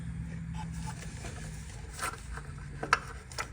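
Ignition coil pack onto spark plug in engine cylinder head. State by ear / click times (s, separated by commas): seated / 2.9 s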